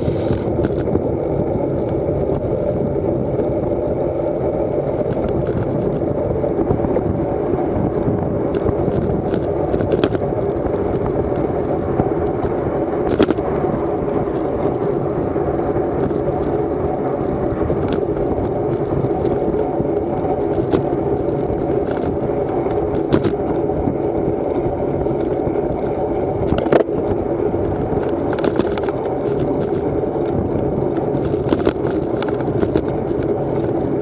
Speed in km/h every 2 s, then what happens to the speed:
27, 29, 32, 34, 34, 34, 35, 34, 32, 31, 28, 28, 27, 25, 25, 23, 23.
0-5 speeds up to 34. 5-12 steady at about 34. 12-34 slows to 23.